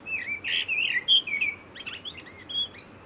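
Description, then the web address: Blackbird giving fluty, warbled phrases, followed by a scatter of thin, sharp chirps and short upslurred notes, over a light background hiss. "Sound Effects-Foundation 1 BIRD BLACKBIRD CALL"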